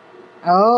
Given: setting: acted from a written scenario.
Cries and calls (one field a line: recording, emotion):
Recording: vocal sound without words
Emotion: negative surprise